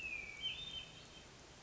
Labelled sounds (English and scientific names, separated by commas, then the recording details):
Hermit Thrush (Catharus guttatus)
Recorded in Sonoma County, California